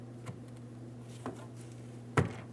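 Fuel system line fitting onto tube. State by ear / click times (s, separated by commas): seated / 2.2 s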